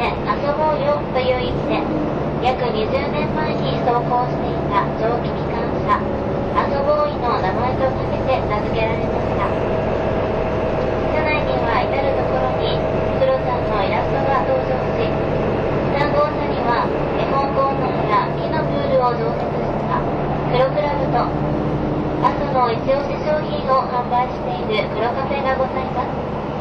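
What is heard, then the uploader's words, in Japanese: Inside a diesel train on the move, a steady low engine drone runs throughout beneath constant passenger chatter and occasional clicks. キハ183系 あそぼーい103号01 熊本～宮地。流浪の車両であるJR九州キハ183系、ようやく安住の列車となる”あそぼーい！103号”を収録したものです。走行音。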